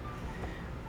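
A USB-C plug from the camera of a FLSUN T1 3D printer is being inserted into its labeled camera port on the printer. Only a steady low rumble and background noise are heard, with no distinct click. Nothing has seated or clicked yet.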